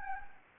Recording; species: mosquito wingbeat signal from an infrared sensor; Anopheles gambiae